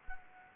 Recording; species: mosquito wingbeat signal from an infrared sensor; Anopheles gambiae